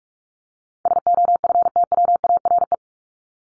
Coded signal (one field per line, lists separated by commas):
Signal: Morse code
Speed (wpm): 44 wpm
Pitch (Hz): 700 Hz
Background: none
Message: SOFTWARE